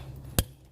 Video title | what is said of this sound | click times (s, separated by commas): GLOW PLUG RELAY NOT WORKING/ENGINE HARD STARTING/PROBLEM SOLVED/BASIC INFORMATION | Iyon, nag-lock na. | 0.4 s